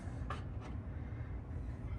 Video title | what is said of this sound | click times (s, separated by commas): Is this the Perfect eBike for Tesla Owners? - Lectric XP Lite Review - S3:E10 | just heard the click and then unlock charge port there | 0.3 s